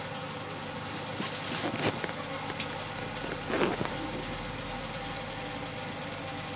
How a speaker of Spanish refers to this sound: Es el celular, huevón.